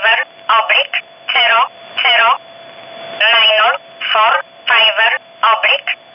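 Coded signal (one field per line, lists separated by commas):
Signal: numbers station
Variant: E11 Oblique, English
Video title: 03 06 2019 E11 Oblique Numbers station in English 0640 on 15800 unknown tx site in USB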